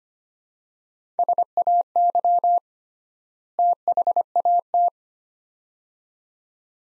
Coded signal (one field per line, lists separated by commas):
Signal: Morse code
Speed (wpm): 25 wpm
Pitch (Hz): 700 Hz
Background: none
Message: SAY THAT